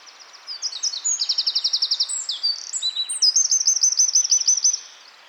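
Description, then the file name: Eurasian wren song, a loud stream of very high, rapidly repeated notes forming two distinct trill sections over about four seconds. "Troglodytes troglodytes"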